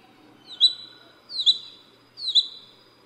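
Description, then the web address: Crested goshawk giving three sharp, high-pitched squeals, each sliding upward then dropping, spaced just under a second apart against a quiet background. At Yushan. "鳳頭蒼鷹. Yushan"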